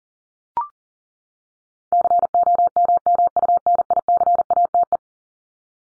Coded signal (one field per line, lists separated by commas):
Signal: Morse code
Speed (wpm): 38 wpm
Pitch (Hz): 700 Hz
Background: none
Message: COMMUNICATE